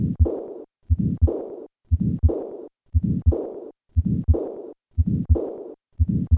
Severe aortic regurgitation and a systolic ejection murmur. Typically, this ejection murmur peaks before the second half of systole.